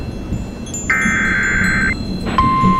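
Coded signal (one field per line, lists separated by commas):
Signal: Emergency Alert System (SAME) tones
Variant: header bursts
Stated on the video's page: Tornado Emergency alert for Bremen, Kentucky, recreated in a homemade animation with altered sound effects.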